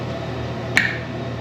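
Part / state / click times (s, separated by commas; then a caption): manual locking hub clutch engaging a truck front axle shaft / seated / 0.8 s. A Warn manual locking hub on an F250 front axle, after a lockout repair, has its dial turned back to the locked position. The internal clutch ring engages the axle shaft with a single sharp metallic snap at 0.8 s, followed by a brief ringing tail over a steady low hum. The hub snaps back into lock and is seated.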